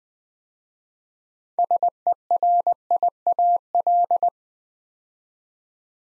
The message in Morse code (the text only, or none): SERIAL